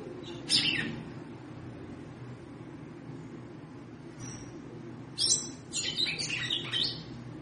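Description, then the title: Red-cowled cardinal giving a sharp high chirp, then after a pause a quick cluster of bright chirps and twitters near the end, over a low steady hum. Female bird, described as trilling ('triculando') and 'batendo fogo', apparently to stimulate or excite the male. "Canto Galo Campina Fêmea. Fêmea de GALO DE CAMPINA - TRICULANDO,BATENDO FOGO PRA ESQUENTAR O MACHO??"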